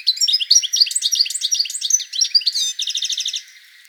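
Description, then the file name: European goldfinch twittering, a fast run of bright, tinkling chirps ending in a quick buzzy rattled trill before it fades. "Carduelis carduelis"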